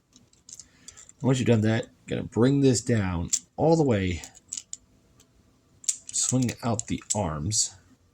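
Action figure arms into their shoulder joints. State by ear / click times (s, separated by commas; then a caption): not seated / none. Someone talks while handling a Transformers Legacy Evolution Shadow Striker plastic action figure during its transformation, bringing a part down and starting to swing the arms out toward their shoulder joints. Faint plastic ticks and taps of handling are heard between the speech. Nothing has seated or clicked yet; the arms have not snapped into place.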